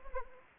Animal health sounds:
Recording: mosquito wingbeat signal from an infrared sensor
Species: Anopheles arabiensis

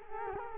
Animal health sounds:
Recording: mosquito wingbeat signal from an infrared sensor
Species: Culex quinquefasciatus

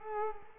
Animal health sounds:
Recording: mosquito wingbeat signal from an infrared sensor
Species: Culex quinquefasciatus

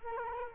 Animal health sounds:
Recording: mosquito wingbeat signal from an infrared sensor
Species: Culex quinquefasciatus

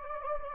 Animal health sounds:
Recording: mosquito wingbeat signal from an infrared sensor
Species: Anopheles gambiae

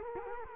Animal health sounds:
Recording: mosquito wingbeat signal from an infrared sensor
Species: Culex quinquefasciatus

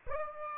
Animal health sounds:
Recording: mosquito wingbeat signal from an infrared sensor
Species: Aedes aegypti

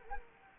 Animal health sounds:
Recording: mosquito wingbeat signal from an infrared sensor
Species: Culex quinquefasciatus

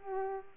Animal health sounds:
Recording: mosquito wingbeat signal from an infrared sensor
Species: Culex pipiens

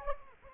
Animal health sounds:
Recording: mosquito wingbeat signal from an infrared sensor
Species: Aedes aegypti

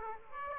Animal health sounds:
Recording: mosquito wingbeat signal from an infrared sensor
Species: Aedes aegypti

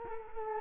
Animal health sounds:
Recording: mosquito wingbeat signal from an infrared sensor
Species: Culex quinquefasciatus

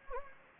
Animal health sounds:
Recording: mosquito wingbeat signal from an infrared sensor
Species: Anopheles gambiae

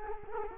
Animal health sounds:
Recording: mosquito wingbeat signal from an infrared sensor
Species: Culex quinquefasciatus

